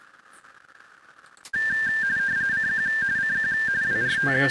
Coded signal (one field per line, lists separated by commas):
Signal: RTTY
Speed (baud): 45.45 baud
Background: speech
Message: CQ CQ WRT